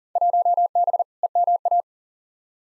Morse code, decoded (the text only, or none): 1B EMA